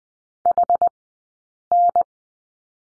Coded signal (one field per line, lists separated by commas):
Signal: Morse code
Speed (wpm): 20 wpm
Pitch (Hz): 700 Hz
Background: none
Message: HN